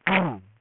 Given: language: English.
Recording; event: throat vibration sensor signal played as sound; throat clearing